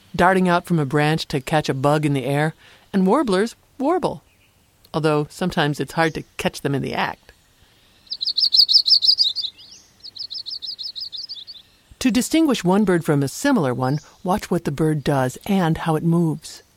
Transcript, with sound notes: darting out from a branch to catch a bug in the air. And warblers warble, [Yellow-rumped Warbler call] although sometimes it’s hard to catch them in the act. To distinguish one bird from a similar one, watch what the bird does, and, how it moves.